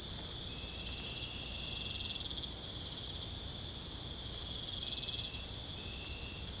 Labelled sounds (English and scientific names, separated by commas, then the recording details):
none
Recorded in secondary vegetation near Puerto Asís, Putumayo, Colombia, on 21 December 2024 at 21:00
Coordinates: 0.499, -76.323
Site G010